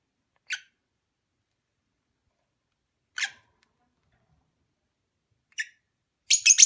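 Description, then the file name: Lovebird chirps: three short shrill squeaks spaced about two and a half seconds apart, followed by a sudden burst of harsh, rapid, high chattering at the end. Mating ritual sounds. "suara ritual kawin lovebird omkicau"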